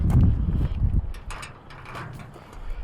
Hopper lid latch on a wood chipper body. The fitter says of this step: You want to make sure that that button clicks or it's not going to work.